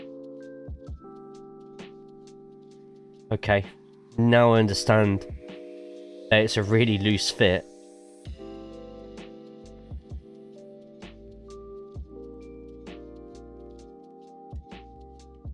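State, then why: Not seated. A loose-fitting plastic building brick piece is handled against a Lego-style Lancia 037 Martini Racing rally car model during assembly. Someone talks over steady background music, with a few soft handling taps and rustles. The piece has not seated or clicked into place yet.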